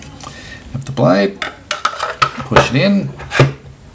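An ESEE 5 SERE fixed-blade survival knife is handled at its molded kydex sheath while someone talks, with short sharp plastic taps and scrapes around 0.8, 1.7, 1.9 and 2.2 seconds. The blade has not yet been pushed home, and nothing has seated or clicked into retention yet.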